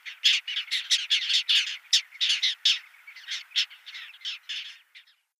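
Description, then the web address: Little gull calling: a fast, dense run of harsh, nasal squawking notes, overlapping and irregular, fading out at the end. "Schulze Peter Little Gull"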